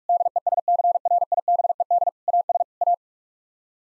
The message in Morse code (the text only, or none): DESCRIBED AS A